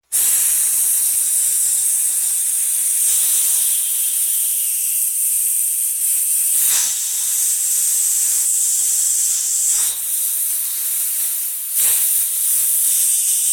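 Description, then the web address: Snake hissing, a long continuous airy hiss with brief dips and renewed breaths every few seconds. "Ian Hubball Snake"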